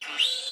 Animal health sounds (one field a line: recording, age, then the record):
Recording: pig call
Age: piglet (1 to 25 days)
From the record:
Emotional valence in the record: negative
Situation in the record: restrain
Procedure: in the arms of a person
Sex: female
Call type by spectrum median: high-frequency call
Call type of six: mixed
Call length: 0.52 s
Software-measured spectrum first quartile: 2822 Hz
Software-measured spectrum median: 3307 Hz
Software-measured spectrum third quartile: 3928 Hz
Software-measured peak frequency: 2842 Hz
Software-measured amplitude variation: 145 dB a second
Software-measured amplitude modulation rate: 25.1 a second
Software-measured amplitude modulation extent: 5.8 dB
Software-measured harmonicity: 7.6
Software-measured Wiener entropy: -2.24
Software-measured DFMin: 734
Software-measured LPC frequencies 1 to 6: 875, 1521, 2879, 3468, 3868, 5773 Hz